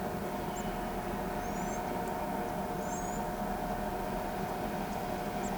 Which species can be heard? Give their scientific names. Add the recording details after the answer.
none. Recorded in pastures near Pivijay, Magdalena, Colombia, on 16 April 2023 at 11:30. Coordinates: 10.456, -74.369. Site P6-G026